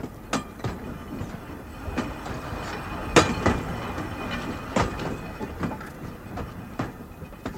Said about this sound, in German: Und nun geht die Schranke runter. Sie versperrt uns den Weg. Man sieht den Zug nicht. Noch deckt ihn die Kurve. Aber jetzt.